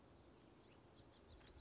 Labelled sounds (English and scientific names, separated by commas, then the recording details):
House Finch (Haemorhous mexicanus)
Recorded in Sonoma County, California